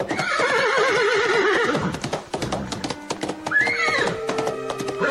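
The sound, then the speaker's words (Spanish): At a horse race, a horse lets out a loud, quavering whinny, followed by rapid, uneven hoofbeats pounding the ground and a second shorter neigh rising over the clatter. No one speaks. “Riñas de gallos, carrera de caballos.”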